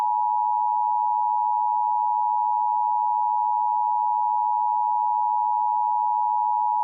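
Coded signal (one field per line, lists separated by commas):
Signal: Emergency Alert System (SAME) tones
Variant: 853 and 960 Hz attention tone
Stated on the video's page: Fictional EAS scenario.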